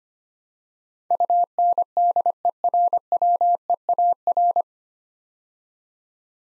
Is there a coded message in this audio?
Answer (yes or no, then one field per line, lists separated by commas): yes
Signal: Morse code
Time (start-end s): 1.1-4.6 s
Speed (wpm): 25 wpm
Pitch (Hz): 700 Hz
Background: none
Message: UNDERWEAR